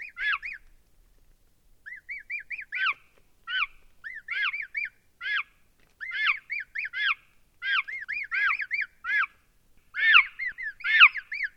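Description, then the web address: Chick chirping: bright, arching peeps in quick clusters of two to five, with short pauses between bursts, repeated throughout over a quiet background. A young chick chirping. "Tom Hutchings Chirp Chick Chirping"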